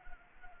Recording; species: mosquito wingbeat signal from an infrared sensor; Anopheles arabiensis